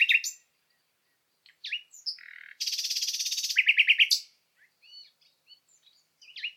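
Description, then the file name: Common nightingale singing: scattered chirps, then a long rapid rattling trill that slows into loud repeated notes before soft chips and a final chirp. "Luscinia megarhynchos"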